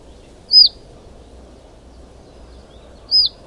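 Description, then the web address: Russet sparrow: two sharp, high chirps from a russet sparrow, each sliding downward, separated by a pause of over two seconds against low background noise. Recorded in Taiwan. "山麻雀"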